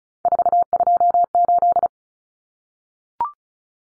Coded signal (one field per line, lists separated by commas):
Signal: Morse code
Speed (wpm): 34 wpm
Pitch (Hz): 700 Hz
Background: none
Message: 428